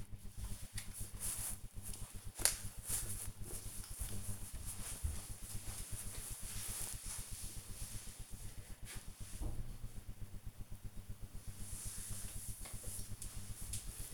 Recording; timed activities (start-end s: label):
household activities, microphone on the right wrist
11.73-14.13 s: making tea